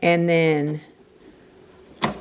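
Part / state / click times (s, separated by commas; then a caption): buttonhole presser foot into sewing machine foot holder / seated / 2.0 s. Someone talks briefly, then after a quiet pause the metal buttonhole presser foot, lined up under the shank, snaps onto the foot holder of a Brother XM2701 sewing machine as the presser foot lever is dropped. A single short, sharp click is heard at 2.0 s. The foot is seated in place.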